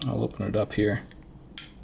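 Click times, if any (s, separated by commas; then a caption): 1.6 s. Someone talks, then the steel blade of an Extrema Ratio MF0 Black Finish folding knife with an aluminum handle is flipped open on its tang flipper. At 1.6 s it snaps open with a sharp, bright click as it locks against the liner lock. The knife is stiff and has no bearing system, and its blade is now seated and locked open.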